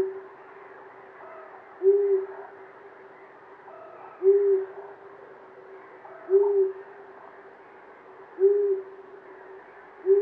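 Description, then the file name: Long-eared owl hooting, a single low, soft 'hoo' repeated about every two seconds over a steady background hiss. "Uszatka"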